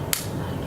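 A magnetic cap snaps closed onto a lipstick tube with one sharp, bright snap at 0.1 s, and the cap is seated. Steady low background noise continues for the rest of the clip.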